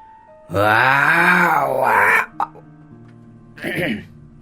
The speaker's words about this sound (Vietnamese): Một tiếng rít gào thô bạo điên cuồng phát ra từ trong miệng của Viễn Cổ Long Viên.